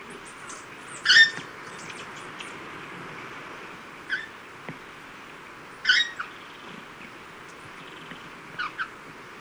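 Red-faced parrot giving a few harsh, squawking calls at irregular intervals, two much louder than the rest, over a steady background hiss.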